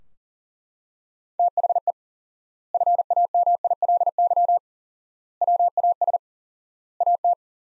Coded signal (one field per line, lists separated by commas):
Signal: Morse code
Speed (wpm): 37 wpm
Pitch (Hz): 700 Hz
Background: none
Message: THE FAMILY WAS AT